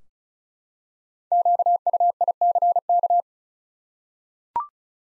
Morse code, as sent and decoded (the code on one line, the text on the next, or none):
--.- ..- .. -.-. -.-
QUICK